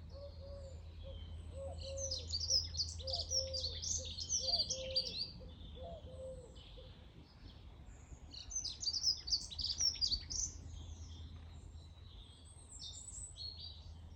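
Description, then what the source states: Birds twitter and chirp in high, busy bursts, with a series of soft cooing notes in the first half and steady low hum. Birds singing in the morning.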